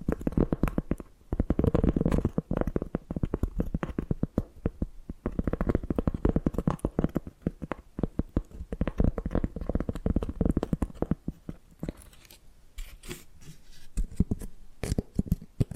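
Rapid, dense tapping and scratching with a low, rumbly body runs steadily for eleven seconds, then thins into quieter, sparser, brighter taps.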